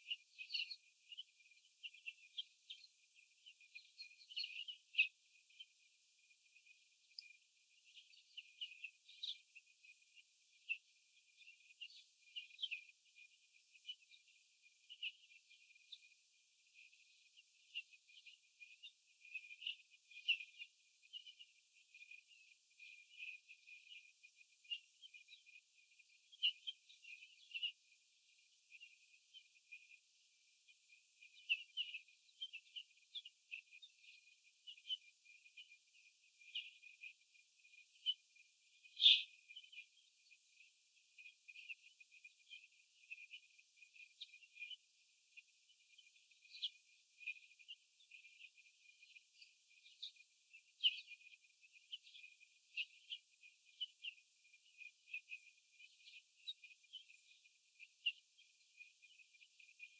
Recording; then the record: young laying hens in a cage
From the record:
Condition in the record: after the stressor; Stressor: sudden umbrella opening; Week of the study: 3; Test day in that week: 2